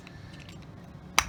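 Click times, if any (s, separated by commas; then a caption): 1.2 s. A plastic building piece from a MEGA Construx Hot Wheels building set is fumbled with, giving faint light ticks around 0.1, 0.4 and 0.5 seconds, then pressed home onto the toy car assembly. A single loud, sharp snap at 1.2 seconds marks the piece clicking into place, and it is seated.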